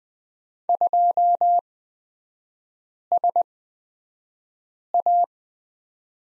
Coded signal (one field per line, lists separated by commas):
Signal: Morse code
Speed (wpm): 20 wpm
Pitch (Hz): 700 Hz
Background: none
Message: 2SA